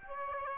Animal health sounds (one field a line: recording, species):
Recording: mosquito wingbeat signal from an infrared sensor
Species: Aedes aegypti